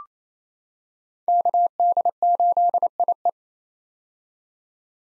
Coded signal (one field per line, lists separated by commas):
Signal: Morse code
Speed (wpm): 27 wpm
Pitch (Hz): 700 Hz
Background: none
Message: KD8IE